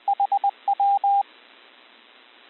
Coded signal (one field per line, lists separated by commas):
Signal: Morse code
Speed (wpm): 20 wpm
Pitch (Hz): 800 Hz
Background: radio noise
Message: HW